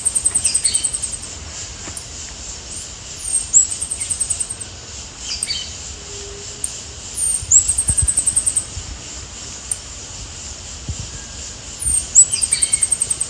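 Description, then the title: São Francisco sparrow calls: short bursts of rapid, very high ticking notes recur every few seconds, separated by quieter stretches of soft hiss. "LuckyPassaro Completos2Sama. Sao Francisco Sparrow (Arremon franciscanus)"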